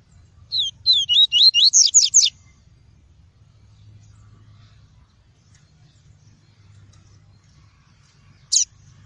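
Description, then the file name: Double-collared seedeater singing one quick phrase of about eight sharp, high whistled notes, then a long pause and a single brief note near the end. Song of the "tui-tui" variety. "canto do papa capim tui tui"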